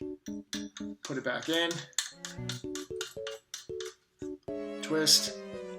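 Someone talks while putting a spring-loaded valve part back into a band instrument, pushing it down and twisting it. Short, repeated pitched musical tones play throughout alongside the talking. The part has not seated or clicked into place yet.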